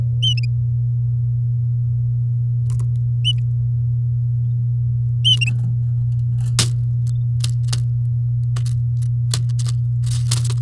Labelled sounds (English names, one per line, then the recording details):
Domestic Canary song
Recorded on 7 May 2018 at 08:31
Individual llb16